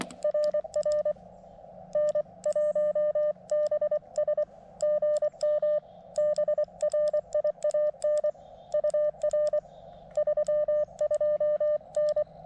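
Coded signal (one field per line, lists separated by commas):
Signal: Morse code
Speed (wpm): 25 wpm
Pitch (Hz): 600 Hz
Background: none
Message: RR N1BS GM BRIAN UR 32N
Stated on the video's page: QRP CW Parks On The Air activation from a state forest with a KX2 transceiver, in pretty good band conditions.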